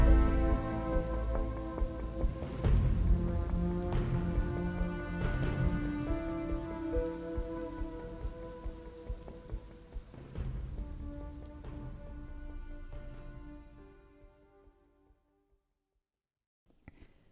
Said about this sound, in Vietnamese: Vĩnh Bảo vừa lui ra, bầu trời lóe lên một tia sét lớn đánh thẳng xuống chiến trường. Mưa gió nặng hạt khiến cho đại quân của triều đình cùng với pháp sư Huyền Thuật Các lúc này càng thêm căng thẳng.